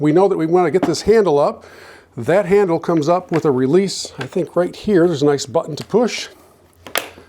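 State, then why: Seated. Someone talks while pressing the release button and raising the folding handle of a Stewart Golf Q Follow electric golf push cart. A short burst of sharp transients near the end peaks at 7.0 seconds as the handle locks upright and clicks into place in the frame.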